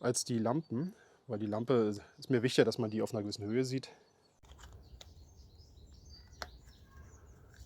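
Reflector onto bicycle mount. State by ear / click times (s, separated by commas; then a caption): seated / 6.4 s. Someone talks for about four seconds, then a plastic bicycle reflector, mounted a bit lower than the lights, is fitted onto its mount on the bike. Faint handling sounds follow before the mount snaps into place with a sharp click at 6.4 s, and the reflector is seated.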